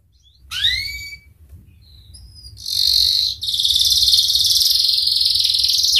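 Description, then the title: Atlantic canary song: a few sweeping whistled notes, then a long, dense buzzy trill. Canary in full, lively song (gacor) with its best 'cengkok' phrasing and richly filled 'isian' song; from the Indonesian songbird-keeping hobby. "Kenari Gacor Cengkok Terbaik Isian Paling Mewah"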